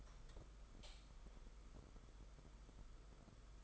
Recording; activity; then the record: daily activity, microphone in the room; light on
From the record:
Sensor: 5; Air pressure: 991.1 hPa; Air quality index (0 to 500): 109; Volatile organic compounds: 25 ppm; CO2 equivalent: 2829 ppm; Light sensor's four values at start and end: 18/43/17/19 and 19/48/19/21